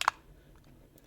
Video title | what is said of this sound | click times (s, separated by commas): Wismec Reuleaux RX200 Review 200w Device | can hear it lock in it | 0.0 s, 0.1 s